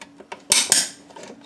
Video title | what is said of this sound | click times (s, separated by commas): How to Replace the Evaporator Fan Motor in a Whirlpool Refrigerator | with this guy snaps | 0.5 s, 0.7 s